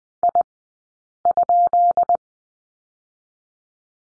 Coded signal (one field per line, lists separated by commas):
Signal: Morse code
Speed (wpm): 20 wpm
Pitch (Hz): 700 Hz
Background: none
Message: I?